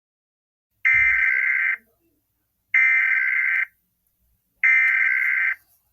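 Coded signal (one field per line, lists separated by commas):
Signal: Emergency Alert System (SAME) tones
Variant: header bursts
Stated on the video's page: Simulated EAS scenario alert tones, not a real broadcast.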